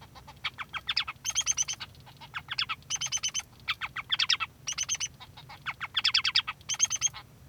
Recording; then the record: song of a male Bengalese finch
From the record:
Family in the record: son of father 3